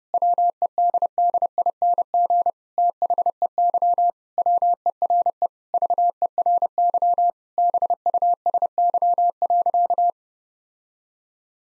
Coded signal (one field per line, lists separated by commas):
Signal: Morse code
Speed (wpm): 30 wpm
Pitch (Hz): 700 Hz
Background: none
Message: WEDDING THEY WERE VERY BUSY.